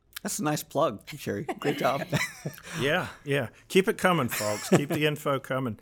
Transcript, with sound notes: That's a nice plug, Shari—great job. [laughter]
Yes. Keep it coming, folks—keep the info coming.